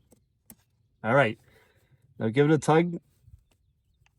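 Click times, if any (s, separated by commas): 0.5 s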